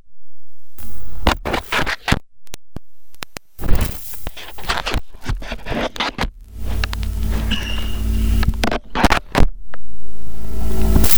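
A cable being dragged along the walls of a house, a run of rough scraping and scratching strokes. Bursts come in uneven clusters with short silent gaps, sometimes sharp clicks, over a low steady rumble indoors.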